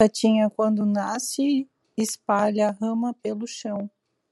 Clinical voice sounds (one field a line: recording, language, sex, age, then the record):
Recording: short text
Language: Brazilian Portuguese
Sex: female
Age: 40 to 49 years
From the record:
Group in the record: control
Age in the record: 47 years